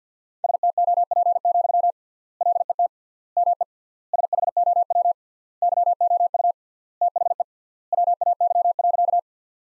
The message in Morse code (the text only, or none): STOP, LET ME SHOW YOU THE WAY.